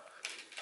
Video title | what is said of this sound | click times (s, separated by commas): Transformers Review: BadCube OTS-050607 Evil Bug Corps Value Pack (Clear Version). P4L Reviews | and you can hear a nice satisfying snap | 0.2 s